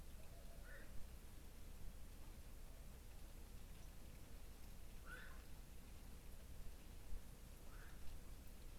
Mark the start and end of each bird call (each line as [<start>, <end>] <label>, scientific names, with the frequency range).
[0.59, 0.96] Nycticorax nycticorax (1.2-2.2 kHz)
[5.05, 5.42] Nycticorax nycticorax (1.4-2.0 kHz)
[7.71, 7.99] Nycticorax nycticorax (1.2-1.9 kHz)